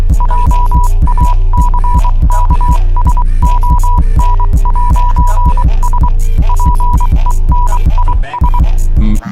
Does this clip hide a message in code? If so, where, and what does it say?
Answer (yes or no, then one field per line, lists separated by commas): yes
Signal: Morse code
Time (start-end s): 0.2-8.6 s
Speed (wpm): 23 wpm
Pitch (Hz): 980 Hz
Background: none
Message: JACKSON'S PENIS